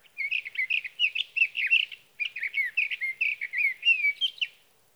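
Sage thrasher singing in two continuous bursts of fast, tumbling warbled phrases, each about two seconds long, with only a short pause between them.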